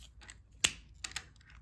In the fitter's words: there we go. Hey, we got everything to click.